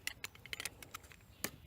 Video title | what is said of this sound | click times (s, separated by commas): Wire saw, Flexible saw (hand chain saw) or folding saw, which is best? | then it also locks into place as well | 0.1 s